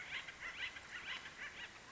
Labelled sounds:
Acorn Woodpecker (Melanerpes formicivorus)
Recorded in Sonoma County, California

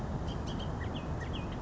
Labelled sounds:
Bullock's Oriole (Icterus bullockii)
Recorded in Sonoma County, California

